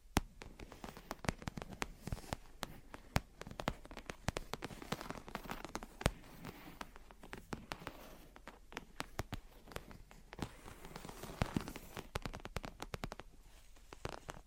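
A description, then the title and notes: Gentle tapping and scratching goes on without pause, a dense, irregular patter of small crisp clicks mixed with rough, crackly scraping. The sounds are bright, with occasional sharper taps standing out, and the overall level stays soft and even throughout. Gentle Tapping and Scratching. (No Talking).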